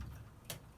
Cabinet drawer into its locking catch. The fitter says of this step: click into place lock and